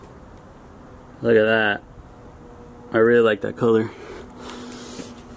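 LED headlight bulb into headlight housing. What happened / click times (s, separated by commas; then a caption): Handled, not yet home: the bulb has not locked in / none. An Auxbeam LED headlight bulb is handled at the plastic headlight housing of a single-cab Silverado truck, ready to be twisted in until it locks. Someone talks in short bursts over a low, steady background hum. Nothing has seated or clicked yet.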